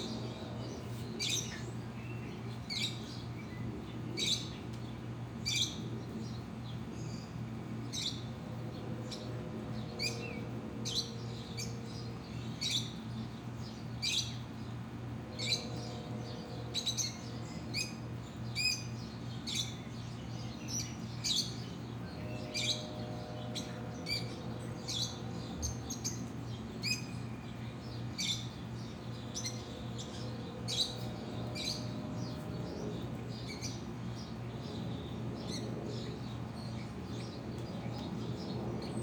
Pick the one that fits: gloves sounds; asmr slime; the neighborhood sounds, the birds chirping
the neighborhood sounds, the birds chirping